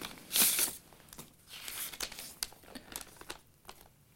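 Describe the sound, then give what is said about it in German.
Paper crinkles and rustles as a letter with a key inside is unfolded, starting with a loud, sharp crackle, then continuing in a series of softer, irregular crisp crackles with no voices. “Soll ich Ihnen den Brief vorlesen?”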